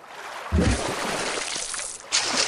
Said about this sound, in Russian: у меня нога в воду провалилась. Ладнющая какая-то вода это.